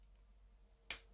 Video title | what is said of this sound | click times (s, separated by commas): LEGO Brick Haul 197 - TrixBrix - Train Tracks 📦🚆🏹 | yeah you heard that all that came apart was that my fault | 0.9 s